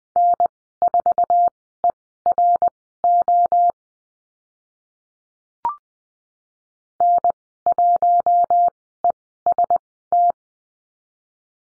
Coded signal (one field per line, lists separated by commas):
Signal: Morse code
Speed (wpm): 20 wpm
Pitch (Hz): 700 Hz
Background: none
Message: N4ERO N1EST